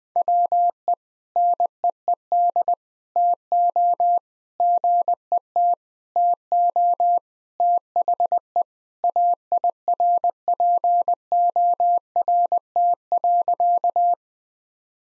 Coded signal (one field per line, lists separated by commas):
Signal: Morse code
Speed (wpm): 20 wpm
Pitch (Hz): 700 Hz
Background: none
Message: WE NEED TO GET TO THE AIRPORT.